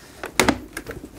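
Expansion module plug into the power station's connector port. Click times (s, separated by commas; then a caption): 0.4 s. An expansion module plug is fitted into the connector port of a modular portable power station after a small cover piece has been removed. A sharp, loud click at 0.4 s shows it seating into place, followed by a softer second knock and a lighter tap.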